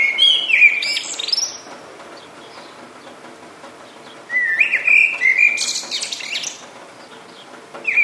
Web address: sonido de pajaros cantando bajo la lluvia